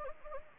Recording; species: mosquito wingbeat signal from an infrared sensor; Anopheles gambiae